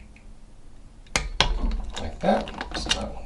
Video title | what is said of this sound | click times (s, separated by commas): Road Bike Build (How To), Step by Step Tutorial for Cheap Budget Bicycle | go ahead and tighten that until you hear a click like | 1.2 s, 1.4 s